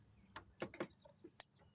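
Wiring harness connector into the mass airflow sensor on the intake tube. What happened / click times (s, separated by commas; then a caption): The connector clicked home / 1.4 s. A wiring harness connector is pushed onto the mass airflow sensor on the intake tube of a new cold air intake on a 2006-2010 Dodge Charger 3.5 (6th gen). Soft plastic handling knocks and rustles around 0.4 to 0.8 s lead up to one sharp, bright latch click at 1.4 s. The connector is seated.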